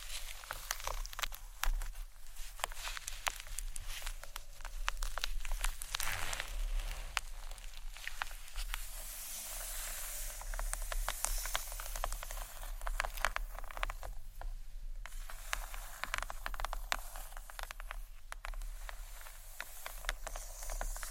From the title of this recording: Gentle SCRATCHY TAPPING on BOOKS